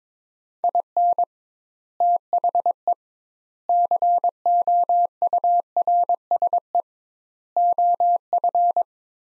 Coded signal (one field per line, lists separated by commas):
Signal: Morse code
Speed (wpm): 22 wpm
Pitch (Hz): 700 Hz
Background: none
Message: IN THE COURSE OF